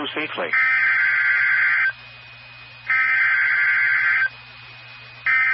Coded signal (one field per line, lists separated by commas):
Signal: Emergency Alert System (SAME) tones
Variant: header bursts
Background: speech